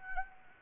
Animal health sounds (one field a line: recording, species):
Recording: mosquito wingbeat signal from an infrared sensor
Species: Anopheles gambiae